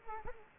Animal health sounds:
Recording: mosquito wingbeat signal from an infrared sensor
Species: Culex quinquefasciatus

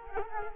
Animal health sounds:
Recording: mosquito wingbeat signal from an infrared sensor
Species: Culex quinquefasciatus

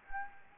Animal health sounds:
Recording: mosquito wingbeat signal from an infrared sensor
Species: Anopheles gambiae

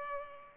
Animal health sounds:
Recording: mosquito wingbeat signal from an infrared sensor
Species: Culex pipiens

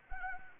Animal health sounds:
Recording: mosquito wingbeat signal from an infrared sensor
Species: Anopheles arabiensis

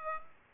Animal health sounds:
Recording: mosquito wingbeat signal from an infrared sensor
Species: Aedes aegypti

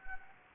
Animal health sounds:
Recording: mosquito wingbeat signal from an infrared sensor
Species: Anopheles gambiae

